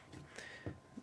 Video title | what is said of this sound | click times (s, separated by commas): Holley Sniper Loose Injector Connector Fix | but this is pushed all the way in and see how they see how this is not seated all the way right here it's sitting up | 0.4 s